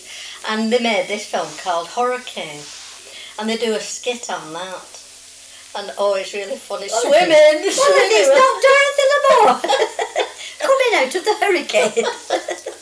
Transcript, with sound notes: And they made this film called The Hurricane. And they do a skit on that. And oh, it's really funny. [laughs] "Swimming, swimming!"VE: "Oh, is that Dorothy Lamour, coming out of the hurricane?"